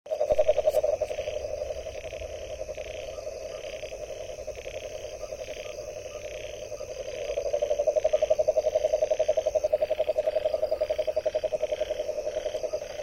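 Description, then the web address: Frog calling in a continuous pulsed trill at a steady rate, growing louder about halfway through, with soft insect-like chirps and a faint high hum behind it. Recorded on 23 January 2022, between 21 and 23 h. "frog rec 21-23 20220123"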